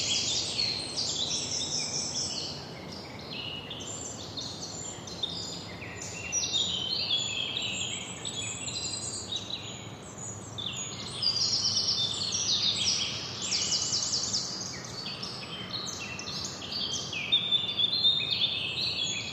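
Many birds sing together in a forest, their high, bright chirps and trills overlapping densely and continuously across the whole recording. Beneath them runs a steady low rush of air and ambience, slightly softer in the middle before swelling again.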